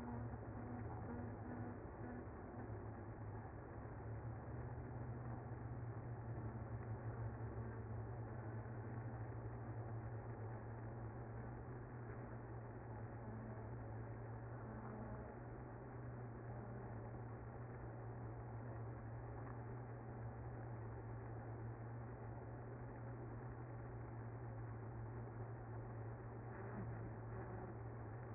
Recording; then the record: honeybee colony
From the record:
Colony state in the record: active